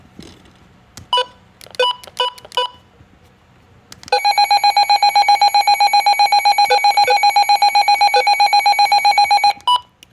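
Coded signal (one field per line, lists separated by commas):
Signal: none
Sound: weather radio button beeps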